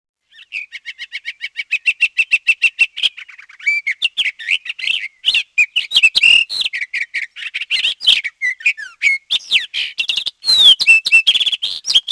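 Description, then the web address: Sage thrasher singing a long, continuous jumbled song: a run of quick repeated high notes, then varied warbled phrases running on. "Peterson North American Birds. sath"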